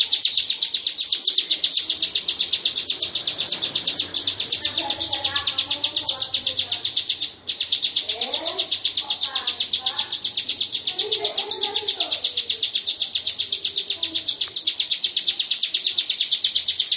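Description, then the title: Lovebird song: a long, fast, steady high chattering trill running the whole time, with softer lower chirps and warbles underneath. Long 'ngekek' (ngekek panjang) song style. "Audio Lovebird Ngekek Panjang Ciblek"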